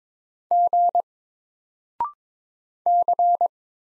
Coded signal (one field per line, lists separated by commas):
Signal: Morse code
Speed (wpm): 21 wpm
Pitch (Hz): 700 Hz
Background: none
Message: G C